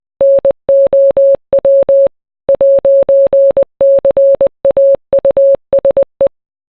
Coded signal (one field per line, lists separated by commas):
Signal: Morse code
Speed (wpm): 20 wpm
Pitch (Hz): 550 Hz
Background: none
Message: NOW 'CAUSE